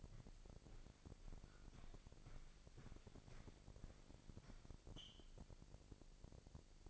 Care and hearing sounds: daily activity, microphone in the room; walk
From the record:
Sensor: 5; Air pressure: 1001.8 hPa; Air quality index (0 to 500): 189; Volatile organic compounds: 14 ppm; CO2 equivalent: 2433 ppm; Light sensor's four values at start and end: 33/108/41/44 and 33/108/41/44

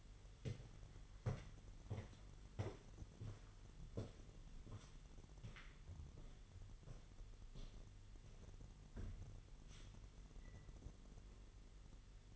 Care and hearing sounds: daily activity, microphone in the room; walk to room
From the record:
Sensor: 4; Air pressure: 989.0 hPa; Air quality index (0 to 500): 204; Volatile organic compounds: 51 ppm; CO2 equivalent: 3312 ppm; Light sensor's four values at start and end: 28/97/36/38 and 29/99/37/38

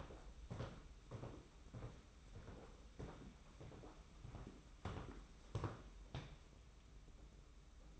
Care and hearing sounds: daily activity, microphone in the room; walk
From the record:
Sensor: 1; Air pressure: 991.6 hPa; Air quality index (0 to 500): 169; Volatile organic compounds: 1000 ppm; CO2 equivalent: 6338 ppm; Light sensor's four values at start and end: 30/101/39/40 and 24/76/29/31

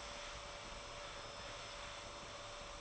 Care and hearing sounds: daily activity, microphone in the room; vacuum cleaning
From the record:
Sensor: 5

